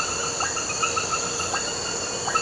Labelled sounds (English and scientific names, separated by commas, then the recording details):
none
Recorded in pastures near Puerto Asís, Putumayo, Colombia, on 4 March 2025 at 23:00
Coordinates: 0.466, -76.322
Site CSA-02